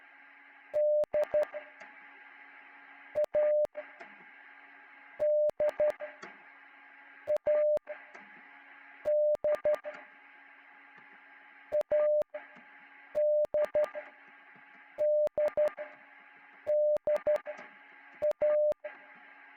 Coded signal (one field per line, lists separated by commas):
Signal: Morse code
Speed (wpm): 12 wpm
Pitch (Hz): 600 Hz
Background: none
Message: D A D A D ADDDA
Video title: Morse trainer F6EYO